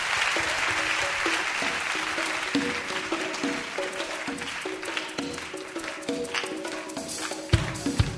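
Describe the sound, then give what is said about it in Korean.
An audience applauds steadily in thanks to God: a dense wash of clapping that holds for several seconds while a few sustained musical tones sound softly beneath it. “아가탑을 인도하신 하나님 앞에 감사의 박수를 올려드립니다.”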